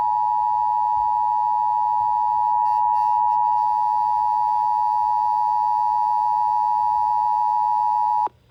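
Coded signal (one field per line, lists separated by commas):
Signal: Emergency Alert System (SAME) tones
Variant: 853 and 960 Hz attention tone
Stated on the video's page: Required monthly test recorded on a Sony ICF-P26 radio and a living-room TV from FM stations and low-power TV.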